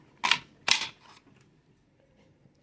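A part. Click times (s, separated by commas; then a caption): 0.7 s. A holster's quick-locking fork on a Safariland QLS outside-waistband battle belt setup is pushed into its receiver plate. A first sharp snap comes at about 0.3 s, then the fork locks in with a crisp click at 0.7 s, followed by faint rattling. The fork is seated and locked in the receiver plate.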